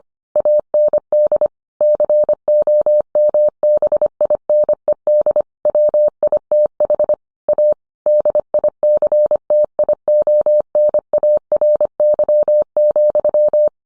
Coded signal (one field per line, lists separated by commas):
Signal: Morse code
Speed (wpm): 25 wpm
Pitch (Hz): 600 Hz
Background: none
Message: AND COMBINED WITH A DICTIONARY,